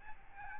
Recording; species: mosquito wingbeat signal from an infrared sensor; Aedes albopictus